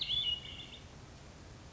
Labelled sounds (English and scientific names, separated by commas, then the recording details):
Hermit Thrush (Catharus guttatus)
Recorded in Sonoma County, California